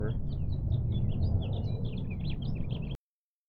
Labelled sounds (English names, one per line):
House Finch song